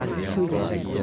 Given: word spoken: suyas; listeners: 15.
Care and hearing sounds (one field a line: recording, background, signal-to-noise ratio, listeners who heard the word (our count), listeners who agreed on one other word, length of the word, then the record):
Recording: one Spanish word in noise, from a listening test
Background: eight-talker babble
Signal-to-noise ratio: -1.4 dB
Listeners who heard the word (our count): 2 of 15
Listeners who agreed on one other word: 7 of 15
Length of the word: 0.63 s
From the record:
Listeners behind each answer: 7, 2, 1, 1, 1, 1, 1, 1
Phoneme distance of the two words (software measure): 24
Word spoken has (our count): 2 syllables, 5 phonemes, stress on syllable 1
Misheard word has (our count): 2 syllables, 5 phonemes, stress on syllable 1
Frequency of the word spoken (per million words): 12.99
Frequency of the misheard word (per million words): 0.63